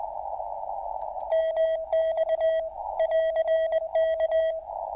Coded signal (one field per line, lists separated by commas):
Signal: Morse code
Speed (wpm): 20 wpm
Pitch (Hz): 3250 Hz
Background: radio noise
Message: MX <AR>K